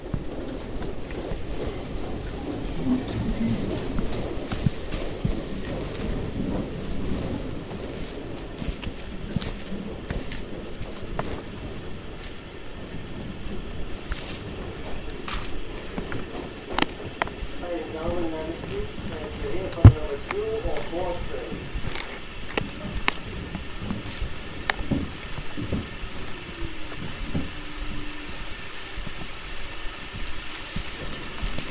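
A hike through the Tambopata rainforest in Peru, with a steady dense rumble and hiss running through the whole stretch. Brief clicks and knocks come every few seconds, with a sharp snap near twenty seconds and faint murmuring voices now and then.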